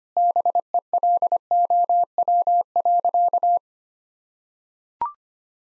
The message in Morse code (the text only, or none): BELOW.